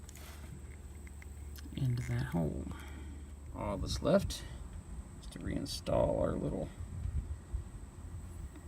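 A small plastic locking clip is lined up on a rebuilt headlight wiring harness plug housing, ready to be slid in, while someone talks over faint handling noises. Nothing has seated or clicked yet.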